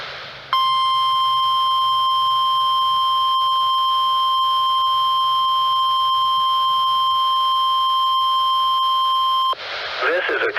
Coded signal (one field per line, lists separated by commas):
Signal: Emergency Alert System (SAME) tones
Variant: 1050 Hz attention tone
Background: speech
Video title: NOAA Required Weekly Tests (EAS #962-963)